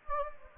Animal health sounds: mosquito wingbeat signal from an infrared sensor; Anopheles gambiae

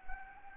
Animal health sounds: mosquito wingbeat signal from an infrared sensor; Anopheles gambiae

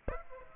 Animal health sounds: mosquito wingbeat signal from an infrared sensor; Aedes aegypti

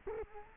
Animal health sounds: mosquito wingbeat signal from an infrared sensor; Culex quinquefasciatus

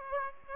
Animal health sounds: mosquito wingbeat signal from an infrared sensor; Aedes aegypti

